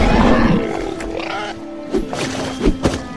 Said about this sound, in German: Dann brüllt der Nachtschatten laut und steigt in die Luft.